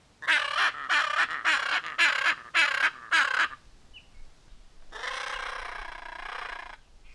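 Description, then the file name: Macaw calls: several harsh, raspy squawks in quick succession, then a pause and one longer grating, buzzy screech lasting nearly two seconds. "Vocalizacao araras"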